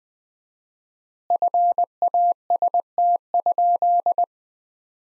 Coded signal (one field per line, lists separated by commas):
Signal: Morse code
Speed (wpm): 20 wpm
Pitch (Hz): 700 Hz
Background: none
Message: FAST?